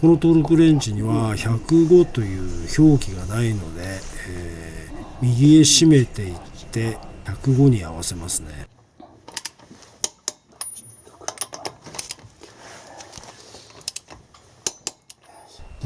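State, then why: Torque reached. A torque wrench preset to 105 tightens car wheel lug nuts clockwise in a diagonal pattern, and once 105 is reached it stops turning further. Someone talks for the first nine seconds, then the quieter second half carries sharp clicks in pairs at 10.0 and 10.3 seconds and again at 14.7 and 14.9 seconds, marking the wrench reaching the set torque on successive nuts.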